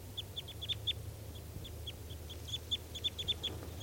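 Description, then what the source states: Crossbills calling: short, sharp, high chip notes repeated in quick irregular series, over a low steady hum. Birds all calling in trees near a net, sounding as if they might take off soon; morning.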